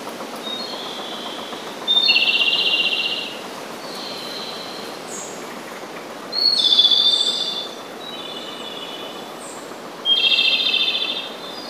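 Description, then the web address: Japanese robin song, with loud rapid rattling trills repeated about every four seconds, separated by softer, shorter high phrases, with a steady hiss underneath. "izumino saunndo komadori"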